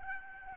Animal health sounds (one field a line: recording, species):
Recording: mosquito wingbeat signal from an infrared sensor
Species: Aedes albopictus